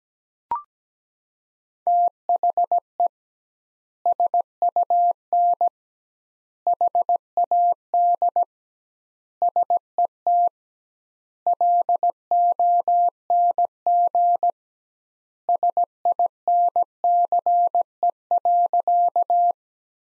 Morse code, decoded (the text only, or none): THE SUN HAD SET LONG SINCE.